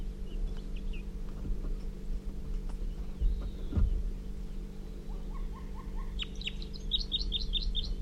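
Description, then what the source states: Crossbill song arrives late: a row of lower buzzy notes, then rapid high repeated phrases, after faint chips and low thumps. Wild male giving song near a caged bird.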